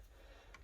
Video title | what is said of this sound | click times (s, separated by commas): CHANGE and UPGRADE your Citroen stereo | in each side which i'm going to do now got one on the left until it clicks | 0.5 s